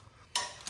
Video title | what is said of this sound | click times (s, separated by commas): Upgrading the Winch on the equipment trailer. Openroad 13,500lbs Winch! IT'S A BEAST! | And this is super easy. You just turn it and it it locks into place. | 0.4 s